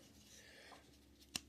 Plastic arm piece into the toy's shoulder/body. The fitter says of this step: really lock into place right there.